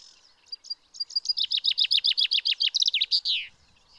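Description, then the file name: Common chaffinch singing a single phrase of rapid, repeated falling chirps ending in a sweeping terminal flourish. "Fringilla coelebs"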